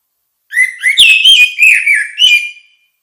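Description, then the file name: Orange-headed thrush delivering a single rich, fluty phrase of rising and falling whistled notes lasting about two seconds. "suara kicau burung anis merah"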